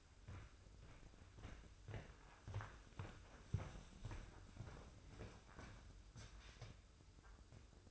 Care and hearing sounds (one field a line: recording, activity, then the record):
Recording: daily activity, microphone in the room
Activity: walk to room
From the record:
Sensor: 2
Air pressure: 995.4 hPa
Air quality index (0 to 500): 79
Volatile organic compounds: 3 ppm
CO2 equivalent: 1407 ppm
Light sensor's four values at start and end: 23/76/30/28 and 23/74/29/28